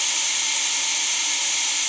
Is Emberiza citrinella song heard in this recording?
no